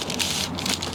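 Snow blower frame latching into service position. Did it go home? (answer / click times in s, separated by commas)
no / none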